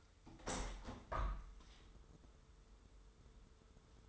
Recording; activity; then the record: daily activity, microphone in the room; open window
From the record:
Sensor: 3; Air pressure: 995.7 hPa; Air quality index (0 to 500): 98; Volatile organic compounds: 14 ppm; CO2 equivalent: 2448 ppm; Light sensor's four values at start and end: 27/82/35/30 and 28/83/35/30